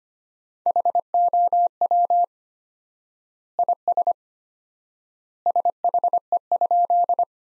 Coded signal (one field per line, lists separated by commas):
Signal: Morse code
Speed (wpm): 25 wpm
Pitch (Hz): 700 Hz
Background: none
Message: HOW IS SHE?